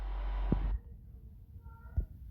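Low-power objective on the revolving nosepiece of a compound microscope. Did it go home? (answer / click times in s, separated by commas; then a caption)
yes / 0.5 s. The revolving nosepiece of a compound microscope is turned to bring the low-power objective under the body tube, and a short, sharp click at 0.5 s marks it detenting into position. Steady broadband noise runs until about 0.75 s and then drops away, leaving a quieter background with another soft thump near 2.0 s. The objective is seated correctly in place.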